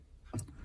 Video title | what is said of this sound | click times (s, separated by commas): Kwid Rear speakers wiring kit installation | ഭാഗത്ത് lock ആവും tick എന്നൊരു സൗണ്ട് കേൾക്കും അതിനുശേഷം | 0.4 s